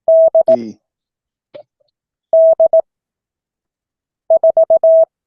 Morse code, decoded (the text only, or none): D D 4